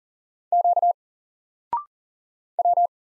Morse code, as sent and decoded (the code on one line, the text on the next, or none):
--.- / .--
Q W